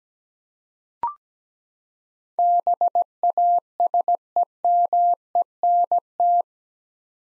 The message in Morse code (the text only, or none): BASEMENT